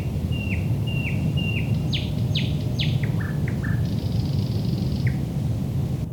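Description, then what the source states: Thrush nightingale song: a series of repeated down-slurred whistles, then sharper falling notes and a buzzy rattle, against constant low rumble. Recorded at Lohne in 2010.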